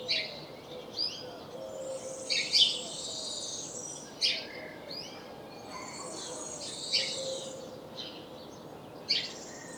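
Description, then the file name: House sparrow chirps, short harsh notes given singly and in small bursts at irregular intervals, over a steady background hiss. "Passer domesticus"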